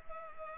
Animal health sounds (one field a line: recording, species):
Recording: mosquito wingbeat signal from an infrared sensor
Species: Culex pipiens